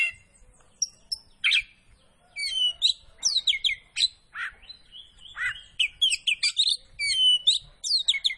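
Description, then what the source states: Oriental magpie-robin song: a busy run of sweet whistles, sharp chirps and downslurred notes, with short pauses between the high phrases. Kacer poci variety, singing vigorously (gacor).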